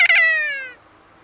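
Kea uttering one harsh, nasal, descending screech that breaks at the start, then fades, lasting under a second.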